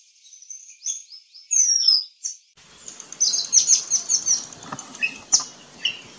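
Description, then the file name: Oriental magpie-robin song with high, thin whistles sliding downward, then a series of sharp chirps over a steady hiss of background noise. "Copsychus saularis"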